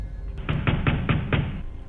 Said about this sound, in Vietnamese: Tiếng đập cửa vang lên. Thế nhưng cánh cửa vẫn không hề suy chuyển.